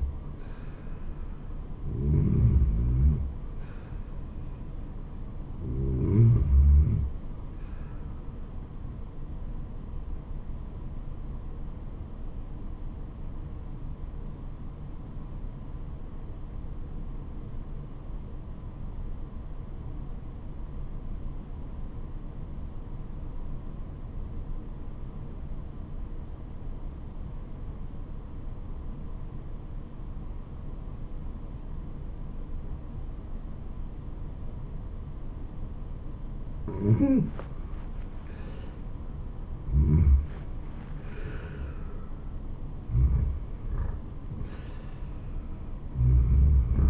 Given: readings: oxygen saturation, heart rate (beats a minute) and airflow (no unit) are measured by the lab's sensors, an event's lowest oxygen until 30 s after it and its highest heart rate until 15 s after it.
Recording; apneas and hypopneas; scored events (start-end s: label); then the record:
breathing in sleep by a smartphone at the bedside; 1
12.00-38.70 s: obstructive apnea (REM, oxygen 97% highest, then 85% lowest, heart rate 78 at the start, 81 highest)
From the record:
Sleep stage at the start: REM sleep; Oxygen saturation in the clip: 82 to 97%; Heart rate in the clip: 70 to 81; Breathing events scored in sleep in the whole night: 426 in 7.4 hours asleep